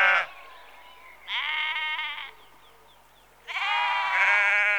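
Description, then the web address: Sheep calling with three wavering bleats, the last long and loud. Sheep in a rural exterior atmosphere, early evening, recorded close. "Sound Effects Library (Exterior Atmospheres-Rural Backg) Sheep Early Evening- Close"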